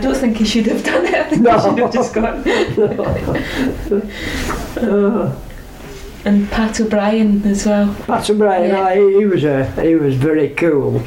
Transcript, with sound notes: I don't think he should've done it!
No. [laughs]
I think he should've just gone. [laughs]
[laughing] Aw.
And Pat O'Brien as well.
Pat O'Brien.
Yeah.
Ah, he was a, he was very cool.